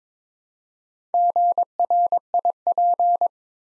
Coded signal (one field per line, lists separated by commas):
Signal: Morse code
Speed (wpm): 22 wpm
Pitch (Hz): 700 Hz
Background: none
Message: GRIP